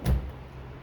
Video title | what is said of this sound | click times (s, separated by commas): How to replace wiper on a 2012 nisan rogue . | That's it till it clicks, and then you lock it. | 0.1 s